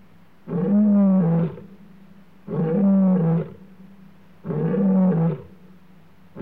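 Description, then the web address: Lion roaring: three powerful, drawn-out roars, evenly spaced about two seconds apart, with quiet pauses between. Male lion roaring in Africa, recorded against a clean background. "Sound Effects Library-30 (Africa- The Natural World) 14 Male Lion roaring"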